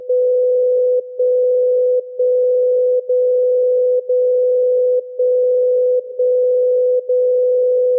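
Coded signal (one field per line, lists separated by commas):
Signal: radio time signal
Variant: DCF77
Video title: DCF 77 Time signal Mainflingen Germany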